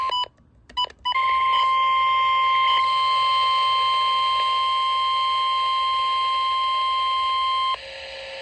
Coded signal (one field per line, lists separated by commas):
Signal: Emergency Alert System (SAME) tones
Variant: 1050 Hz attention tone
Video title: RWT | EAS #817